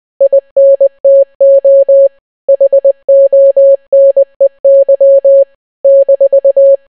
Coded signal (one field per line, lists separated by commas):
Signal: Morse code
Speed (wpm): 20 wpm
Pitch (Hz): 550 Hz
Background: none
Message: INTO HONEY -